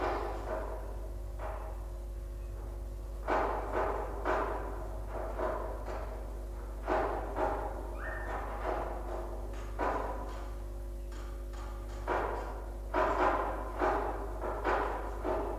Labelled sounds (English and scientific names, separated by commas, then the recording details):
Budgerigar (Melopsittacus undulatus) call
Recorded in captivity
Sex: group
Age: adult
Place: Zoologisches Institut der HUB, Berlin, DE
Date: 1966-11-20
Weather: Zimmertemperatur
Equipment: Smaragd
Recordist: Heydecke, Rolf